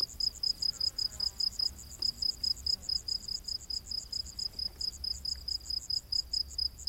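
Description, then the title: Cricket chirping, a high-pitched pulsed chirp repeated rapidly in a slightly uneven rhythm. Rainforest at night. "Crickets of the Rainforest"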